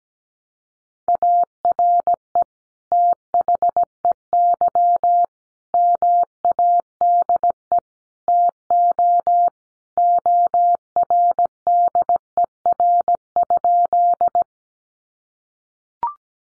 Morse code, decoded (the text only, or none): ARE THEY MADE TO ORDER?